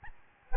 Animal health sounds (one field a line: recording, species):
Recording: mosquito wingbeat signal from an infrared sensor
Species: Aedes albopictus